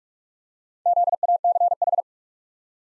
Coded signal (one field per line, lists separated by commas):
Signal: Morse code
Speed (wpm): 46 wpm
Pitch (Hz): 700 Hz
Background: none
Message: ZACH